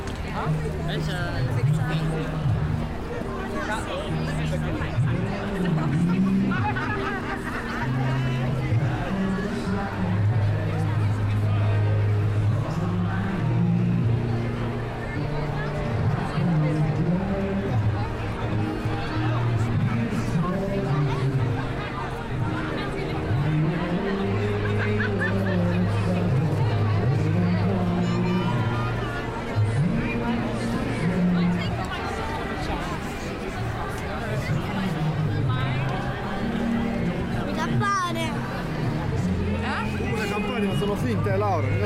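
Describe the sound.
Crowds of families gather in Covent Garden at Christmas, a dense, steady wash of overlapping voices and chatter throughout. Nearby speech rises clearly above the babble at moments, while a low rumble, likely passing traffic, runs underneath the whole time.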